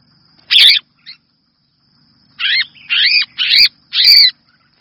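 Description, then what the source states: Red-whiskered bulbul with one sharp scratchy note and a faint short one, a pause, then four quick harsh, rasping chirps in a row. Distress call; the bird is calling for help.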